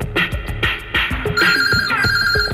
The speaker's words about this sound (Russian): Вдруг у Маргариты затрезвонил мобильный.